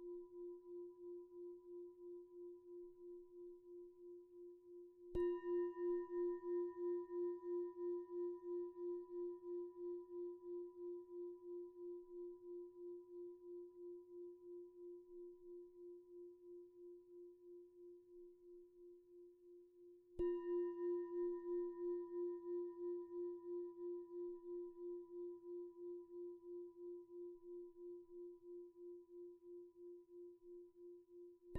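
A Tibetan singing bowl is struck twice, at about five and twenty seconds, each strike a sharp attack that blooms into a long, steady ring. The low, pure tone pulses gently as it slowly fades, with fainter bright overtones above.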